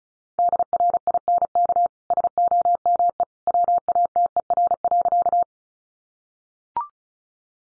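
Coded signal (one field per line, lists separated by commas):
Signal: Morse code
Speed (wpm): 34 wpm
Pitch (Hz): 700 Hz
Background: none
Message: DRINK SOME WATER.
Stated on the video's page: Head-copy practice at 35 wpm: sentences from the top 1500 words, sent in Morse, then spoken, then sent again in Morse.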